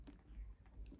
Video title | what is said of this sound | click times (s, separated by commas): Teddy Blake Kim Croco Bag Review + Discount code | you click, there we go, and then you go, voila, bag is open. | 0.9 s